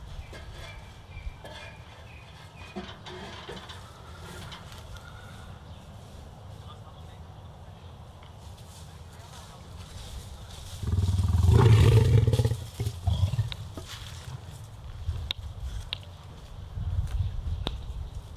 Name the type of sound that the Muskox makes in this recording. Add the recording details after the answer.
rut call. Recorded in captivity. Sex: male. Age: adult. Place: Tierpark Berlin, Berlin, DE. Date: 1971-10-06 12:11. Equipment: Nagra, Scotch-Band LP Polyester. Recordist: Altmann, Dagmar. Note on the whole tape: Bulle "Bogomil": Brunftlaute. Aufnahmen von 12.11 bis 14.37 Uhr